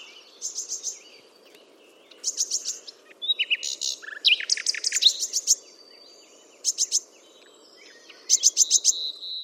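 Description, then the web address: Bird song in short bursts of rapid, high repeated notes, separated by pauses, over a faint steady low hiss. "cianscape. Deverinetal"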